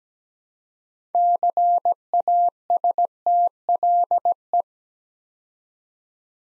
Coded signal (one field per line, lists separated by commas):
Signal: Morse code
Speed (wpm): 17 wpm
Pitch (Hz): 700 Hz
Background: none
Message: CASTLE